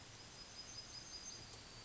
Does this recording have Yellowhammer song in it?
yes